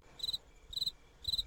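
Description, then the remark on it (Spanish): A cricket sound effect: three evenly spaced chirps, each a quick high-pitched pulsing trill lasting about a fifth of a second, with brief quiet gaps between them and no voices. “¿Se escucha el grillo? Se escucha el grillo.”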